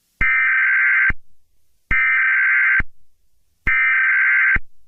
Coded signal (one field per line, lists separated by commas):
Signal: Emergency Alert System (SAME) tones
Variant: header bursts